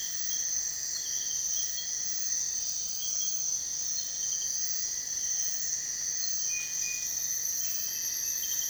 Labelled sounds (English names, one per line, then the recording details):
none
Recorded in dense forest near Puerto Asís, Putumayo, Colombia, on 23 June 2025 at 04:30
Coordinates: 0.468, -76.322
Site GP03